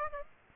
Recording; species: mosquito wingbeat signal from an infrared sensor; Aedes aegypti